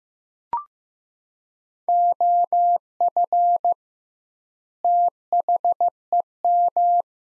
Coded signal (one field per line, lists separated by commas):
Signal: Morse code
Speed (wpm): 15 wpm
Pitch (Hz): 700 Hz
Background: none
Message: OF THEM